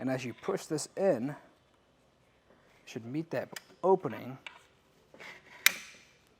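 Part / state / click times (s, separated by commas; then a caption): roof rack mount piece into vehicle flush roof rail / seated / 5.7 s. Someone talks while pushing a Thule WingBar Edge roof rack mounting piece into the opening on the flush roof rail of a 2023 Jeep Grand Cherokee. After some faint scraping, a sharp click sounds at 5.7 s as the foot catches and seats, and it then holds in the rail.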